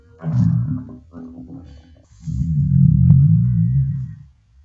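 Two low, deep gurgling rumbles from an adult's empty stomach: ordinary hunger growling, a normal bowel sound.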